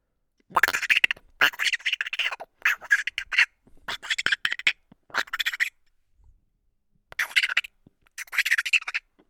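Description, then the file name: Chipmunk giving a run of rapid, scratchy chattering bursts, each under a second, in a steady series, a brief lull, then two final rattling bursts. "Chipmunk Vocalization"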